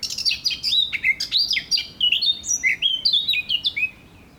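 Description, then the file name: Eurasian blackcap song, a fast run of varied warbled and whistled notes sliding up and down, continuous for about four seconds before falling quiet. "Sylvia atricapilla"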